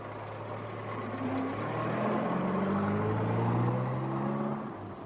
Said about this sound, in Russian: Услужливо закрывает дверь машины отъезжающего начальника.